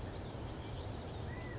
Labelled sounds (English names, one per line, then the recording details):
California Quail
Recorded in Sonoma County, California